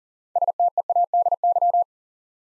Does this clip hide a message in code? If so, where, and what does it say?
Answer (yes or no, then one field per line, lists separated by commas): yes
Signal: Morse code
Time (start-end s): 0.4-1.8 s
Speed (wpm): 40 wpm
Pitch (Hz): 700 Hz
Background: none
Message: STEADY